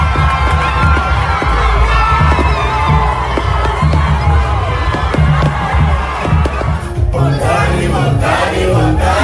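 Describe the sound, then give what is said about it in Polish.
A loud, dense roar of Curaçao football fans cheering and shouting as their team qualifies for the World Cup, sustained throughout with a brief dip near the end before the crowd noise swells again with higher, excited cries. “Ale już eksplozja emocji kibiców tej karaibskiej wyspy przypominała erupcję podwodnego wulkanu w okolicach wyspy.”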